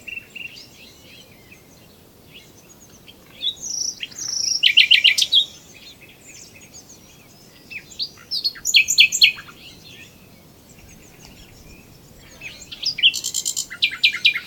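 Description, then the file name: Common nightingale song: varied phrases with fast repeated notes and sharp trills, separated by pauses of a few seconds, high and bright throughout. "Luscinia megarhynchos"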